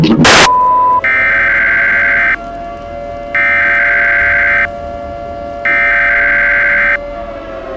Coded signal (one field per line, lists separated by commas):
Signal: Emergency Alert System (SAME) tones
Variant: header bursts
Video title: EAS Scenario: Yukina Part 2